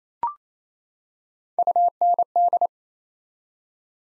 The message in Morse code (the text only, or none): UND